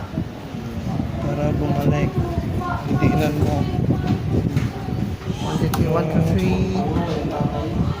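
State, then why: Not seated. During reassembly of a desktop system unit, a component or retention clip (part not named) is pressed back into place by hand while someone talks over a steady low background hum. Nothing has seated or clicked yet; the part is still being handled.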